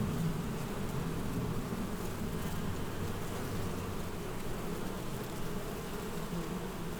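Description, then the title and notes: Wasps buzzing in a steady low hum. Wasps among the blossoms of the wild vine, Wörth am Rhein, Germany. "Haydnstraße 1, 76744 Wörth am Rhein, Deutschland - Wespen in den Weinranken. Wasps in the blossoms of the wild vine"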